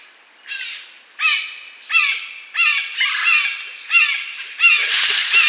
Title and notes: Black vultures flapping and squabbling, with a sharp-shinned hawk alarming at my approach.